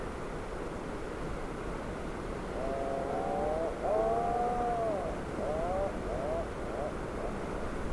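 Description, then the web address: Atlantic puffin calls: a run of wavering, arched groans, rising and falling, several in close succession, heard against constant low rumbling noise. "sound Atlantic-puffin. دانلود-صدای-پرنده-پافین-اطلس"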